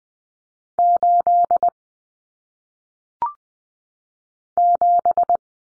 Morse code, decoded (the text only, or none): 8 7